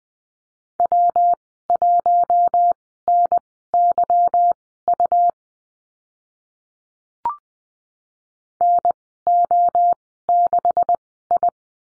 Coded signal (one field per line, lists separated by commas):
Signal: Morse code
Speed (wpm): 20 wpm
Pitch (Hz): 700 Hz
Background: none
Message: W1NYU NO6I